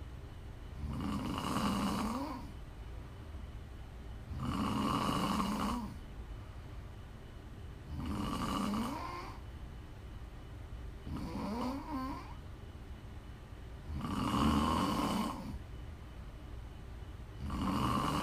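ASMR snoring from an adult sleeper: rhythmic rattling snores, about six in 18 seconds, with quiet breathing between each one.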